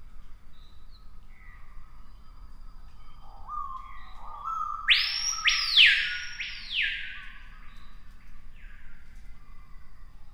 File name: piha bird scream